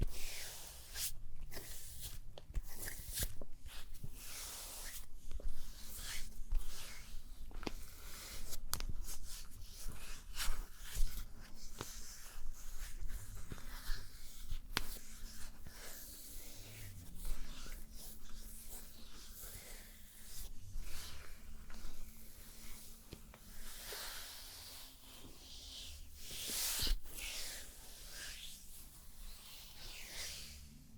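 Stones are handled during a spa treatment, with frequent sharp clicks and taps scattered irregularly across the whole stretch, some louder knocks near 9, 15 and 27 seconds. Soft rubbing and shuffling fill the gaps, over a faint low steady hum.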